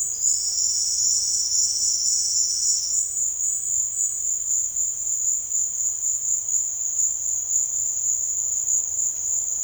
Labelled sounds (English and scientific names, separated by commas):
none